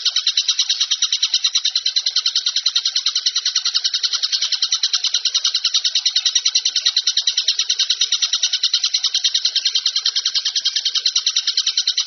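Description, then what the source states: Bird song: a fast, steady stream of high, buzzy chirps, continuing unbroken throughout. Part of a masteran (song-tutoring) bird compilation, described as the most complete.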